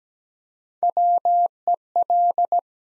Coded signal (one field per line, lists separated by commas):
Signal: Morse code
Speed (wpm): 17 wpm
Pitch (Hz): 700 Hz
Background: none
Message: WEL